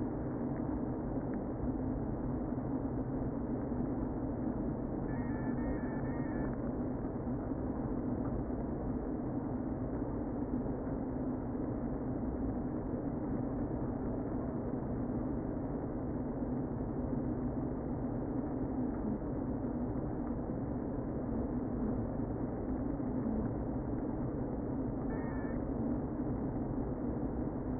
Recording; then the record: honeybee colony, microphone inside the hive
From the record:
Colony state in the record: queen present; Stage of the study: before two queens were removed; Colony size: about 60,000 bees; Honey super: yes